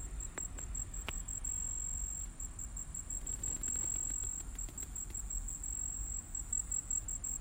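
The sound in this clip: Cricket song, a continuous high-pitched pulsed trill, accompanied by a low constant rumble and a few soft clicks and taps.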